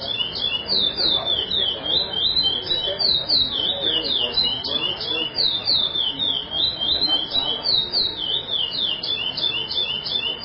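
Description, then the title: Chestnut-bellied seed finch song, a fast continuous warble of sweet slurred whistled notes, rising and falling without pause throughout. "Canto De Curio"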